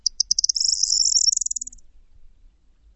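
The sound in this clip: Bird producing a very high trill: a few spaced notes accelerate into a dense, fast ripple lasting about a second, then fading out.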